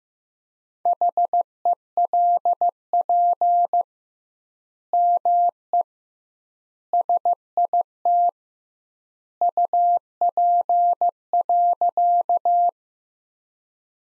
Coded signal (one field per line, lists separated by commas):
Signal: Morse code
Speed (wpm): 15 wpm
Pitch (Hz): 700 Hz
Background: none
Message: HELP ME SIT UP.